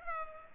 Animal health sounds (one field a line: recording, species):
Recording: mosquito wingbeat signal from an infrared sensor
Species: Culex pipiens